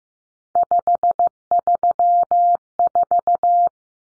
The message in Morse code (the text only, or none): 534